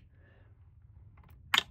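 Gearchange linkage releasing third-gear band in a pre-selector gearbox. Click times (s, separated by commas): 1.6 s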